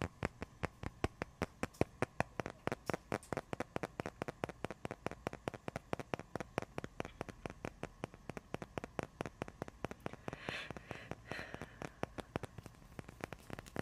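Icy, frozen trigger sounds: a dense run of sharp, crisp clicks and taps, several per second, crackling steadily across the whole clip with little change in pace. Around ten to twelve seconds, a brief brighter hiss or crunch rises beneath the tapping.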